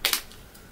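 A sunglass lens is pushed forward with the thumbs while the frame is pulled outward, unseating the lens from the frame's groove. A sharp pop sounds at 0.1 s, followed by a second snap right after and a faint tick near 0.3 s. The lens releases and pops out of the frame.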